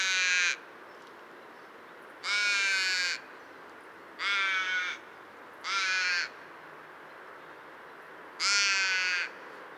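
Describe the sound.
Bird giving harsh, raspy caws, five drawn-out calls at uneven intervals, the first cut off at the start.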